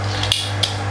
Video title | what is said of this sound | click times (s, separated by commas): The Time Neil soldered and fitted his new Fender Hot Noiseless Pickups. | It locks in place. | 0.3 s, 0.6 s